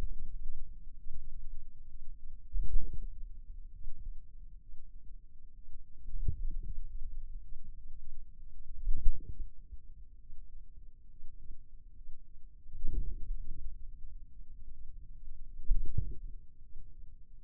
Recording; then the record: forearm muscle sounds (acoustic myography)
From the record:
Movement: wrist extension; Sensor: system 2, bracelet of six BSWA MPA416 microphones around the upper forearm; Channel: 5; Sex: male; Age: 22 years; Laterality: right